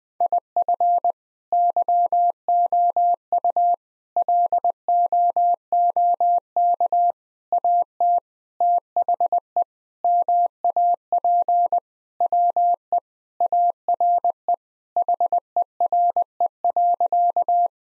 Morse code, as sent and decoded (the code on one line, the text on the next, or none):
.. ..-. / -.-- --- ..- / .-.. --- --- -.- / .- - / - .... . / -- .- .--. / .-- . / .- .-. . / .... . .-. . .-.-.-
IF YOU LOOK AT THE MAP WE ARE HERE.